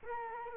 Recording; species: mosquito wingbeat signal from an infrared sensor; Culex quinquefasciatus